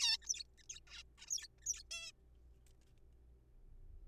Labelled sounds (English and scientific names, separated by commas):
Zebra Finch (Taeniopygia guttata)